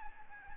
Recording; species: mosquito wingbeat signal from an infrared sensor; Aedes albopictus